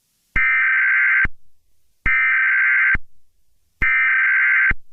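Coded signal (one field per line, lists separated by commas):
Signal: Emergency Alert System (SAME) tones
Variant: header bursts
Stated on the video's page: Fictional zombie apocalypse alert scenario, not a real alert.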